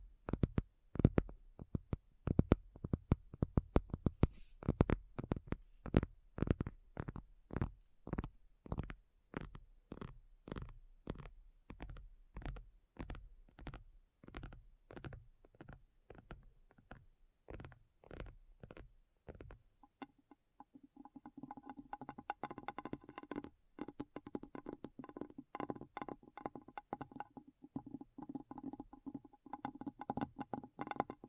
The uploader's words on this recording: ASMR Addictive Tapping. (No Talking).